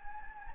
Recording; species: mosquito wingbeat signal from an infrared sensor; Anopheles gambiae